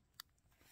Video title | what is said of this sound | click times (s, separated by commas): 2012 Chevrolet Traverse, Driver Information Center Not Working | okay I've got it all snapped back in | 0.2 s